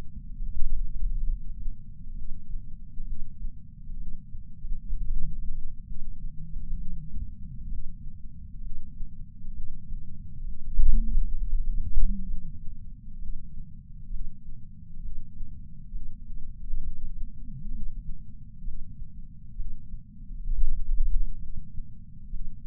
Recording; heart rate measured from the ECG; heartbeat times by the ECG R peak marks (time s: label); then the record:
heart sounds by patch sensor on the chest; 66 bpm
0.38 s: heartbeat
1.26 s: heartbeat
2.14 s: heartbeat
3.05 s: heartbeat
3.97 s: heartbeat
4.92 s: heartbeat
5.84 s: heartbeat
6.75 s: heartbeat
7.69 s: heartbeat
8.61 s: heartbeat
9.52 s: heartbeat
10.45 s: heartbeat
11.35 s: heartbeat
12.27 s: heartbeat
13.19 s: heartbeat
14.11 s: heartbeat
15.01 s: heartbeat
15.92 s: heartbeat
16.81 s: heartbeat
17.72 s: heartbeat
18.64 s: heartbeat
19.56 s: heartbeat
20.49 s: heartbeat
21.38 s: heartbeat
22.30 s: heartbeat
From the record:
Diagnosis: coronary artery disease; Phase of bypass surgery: preoperative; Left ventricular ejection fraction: 52.3%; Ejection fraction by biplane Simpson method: 38%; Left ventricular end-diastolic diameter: 62 mm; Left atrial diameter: 45 mm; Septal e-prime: 4 cm/s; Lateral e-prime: 7 cm/s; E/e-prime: 12.2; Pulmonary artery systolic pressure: 24 mmHg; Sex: male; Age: 61 years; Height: 174 cm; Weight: 80 kg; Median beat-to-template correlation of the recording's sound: 0.91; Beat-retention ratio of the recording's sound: 0.97